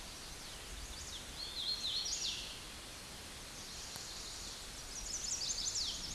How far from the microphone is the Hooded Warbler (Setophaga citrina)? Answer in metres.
about 15 m